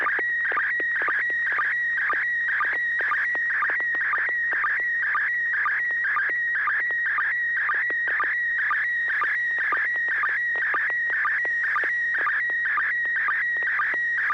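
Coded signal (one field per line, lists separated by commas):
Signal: SSTV (slow-scan television)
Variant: PD120 mode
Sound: steady warbling whistle around 1.5-2.3 kHz with short low chirps twice per second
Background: low hum, radio hiss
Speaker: okay this will be a pd120 n6wlm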